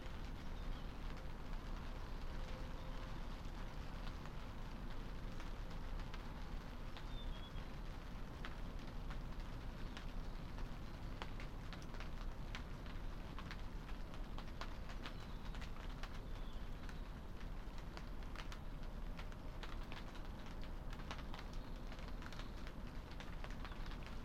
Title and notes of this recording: December rain light to moderate. Enough to drift the ice cold raindrops. And ruffle the leading edge of the wide tarpaulin, that we've stretched over our back yard for shelter.